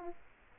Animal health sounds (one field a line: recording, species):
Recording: mosquito wingbeat signal from an infrared sensor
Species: Aedes aegypti